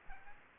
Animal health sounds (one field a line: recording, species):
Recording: mosquito wingbeat signal from an infrared sensor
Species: Aedes aegypti